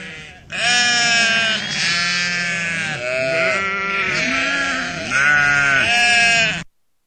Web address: sheep